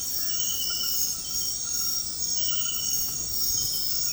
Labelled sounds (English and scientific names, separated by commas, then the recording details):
Cinereous Tinamou (Crypturellus cinereus)
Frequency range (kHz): Cinereous Tinamou (Crypturellus cinereus) 1.5-2.2 kHz
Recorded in secondary vegetation near Puerto Asís, Putumayo, Colombia, on 20 February 2024 at 01:00
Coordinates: 0.468, -76.324
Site G6381